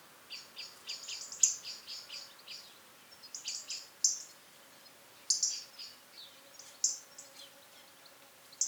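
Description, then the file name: European robin sounding repeated high, thin squeaky notes in loose clusters, some paired with lower slurred strokes, over quiet background hiss. "Erithacus rubecula"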